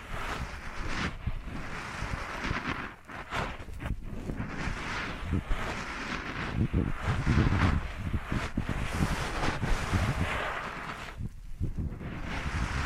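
Ear massage triggers: dense, rustling rubbing strokes fill the whole clip, full and low with a hissy top, swelling and easing in uneven waves. Brief pauses break the texture near three, four and eleven seconds before the rubbing resumes.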